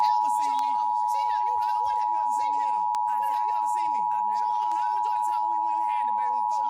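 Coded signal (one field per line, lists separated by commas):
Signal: Emergency Alert System (SAME) tones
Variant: 853 and 960 Hz attention tone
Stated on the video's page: National Periodic Test of the Emergency Alert System, nationwide live activation, as aired by San Antonio TV and radio stations and stations in Wyoming and Virginia.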